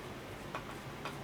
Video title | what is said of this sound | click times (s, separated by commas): #243 2001 gilroy indian rebuild 2025 scta el mirage race bike centennial chief harley tatro machine | Oh, that one's stripped. Wonderful. | 0.5 s, 1.1 s